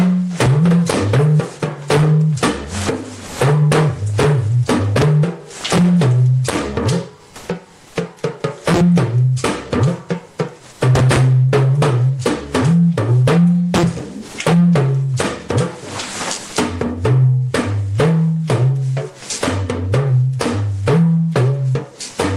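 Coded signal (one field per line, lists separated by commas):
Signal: talking drum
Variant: Yoruba dùndún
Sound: rapid talking drum strokes with low tones that bend and step up and down in pitch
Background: small room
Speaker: that is to say cabo shi da [Music] welcome everybody we have been expecting every single uh one of you and then did you arrive safely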